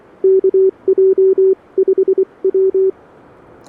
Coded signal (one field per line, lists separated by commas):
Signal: Morse code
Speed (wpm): 24 wpm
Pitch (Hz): 380 Hz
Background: none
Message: KJ5W